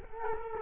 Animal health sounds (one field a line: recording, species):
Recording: mosquito wingbeat signal from an infrared sensor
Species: Culex quinquefasciatus